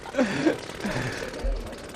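A construction drill hammers into a wall in a rapid, steady rattle of fast repeated impacts, with a voice briefly audible underneath the harsh mechanical noise.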